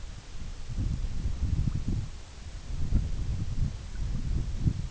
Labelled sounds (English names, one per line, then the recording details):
none
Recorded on Arctic tundra, site EABA-MC, on 21 June 2019
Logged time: 20:00